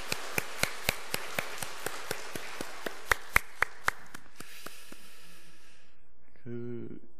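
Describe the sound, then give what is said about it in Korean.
An audience at a 9 o'clock church worship service applauds the choir: a dense wash of clapping with sharp, evenly spaced claps cutting through, fading out after about five seconds before a brief voice. “우리 하나님께 영광의 또 감사의 박수로, 우리 찬양대 성가대에게 우리 격려와 사랑의 박수를 한번 같이 드리도록 하겠습니다.”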